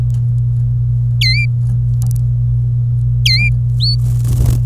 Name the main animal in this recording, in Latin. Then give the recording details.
Serinus canaria. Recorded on 26 April 2018 at 10:42. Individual llb3